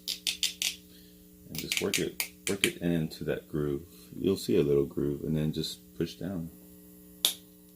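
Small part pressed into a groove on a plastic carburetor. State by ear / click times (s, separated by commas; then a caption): seated / 7.2 s. A small part is worked into its groove on a plastic lawn-machine carburetor and pushed down while someone talks, with a few light taps near the start. At 7.3 s a single sharp, loud click is heard as the part snaps into the groove and seats.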